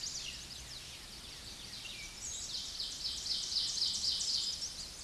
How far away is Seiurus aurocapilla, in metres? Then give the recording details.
about 15 m. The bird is about 5 m above the microphone. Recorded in a Pennsylvania forest on 16 May 2024 at 07:28. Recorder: AudioMoth, point MSD-2061. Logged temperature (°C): 16.1 °C. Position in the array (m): 242 m, 179 m